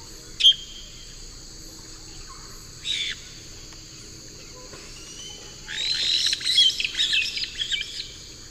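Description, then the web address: Black-headed parrot calls: one sharp shrill note, a short squeal, then a longer burst of harsh, screechy chattering, over a steady high drone. Pair calls of a pair, from the eastern lowlands of South America. "Natures Songs S America Eastern Lowlands. Pionites melanocephalus"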